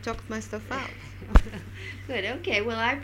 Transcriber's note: they laugh